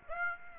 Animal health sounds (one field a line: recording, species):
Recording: mosquito wingbeat signal from an infrared sensor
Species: Aedes aegypti